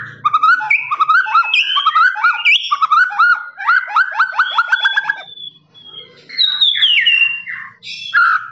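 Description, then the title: Lovebird trilling song: rapid runs of chattering notes, then higher squeaky whistles after a short pause. Long trilling "ngekek" song style, used as a master recording for training birds. "FULL DURASI MASTERAN LOVEBIRD NGEKEK PANJANG"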